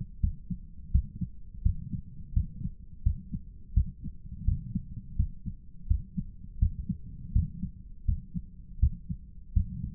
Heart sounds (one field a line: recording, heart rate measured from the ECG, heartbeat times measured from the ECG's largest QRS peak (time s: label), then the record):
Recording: heart sounds by stethoscope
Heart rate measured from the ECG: 84 bpm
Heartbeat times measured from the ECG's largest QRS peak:
0.20 s: heartbeat
0.91 s: heartbeat
1.61 s: heartbeat
2.32 s: heartbeat
3.02 s: heartbeat
3.73 s: heartbeat
4.44 s: heartbeat
5.15 s: heartbeat
5.87 s: heartbeat
6.58 s: heartbeat
7.32 s: heartbeat
8.05 s: heartbeat
8.79 s: heartbeat
9.52 s: heartbeat
From the record:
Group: healthy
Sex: male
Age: 57 years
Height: 188 cm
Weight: 106 kg